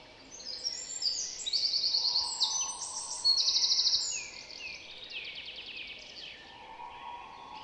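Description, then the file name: Eurasian wren song: two loud, fast, high trilled bursts of about a second each, with fainter high twittering throughout. "Troglodytes troglodytes"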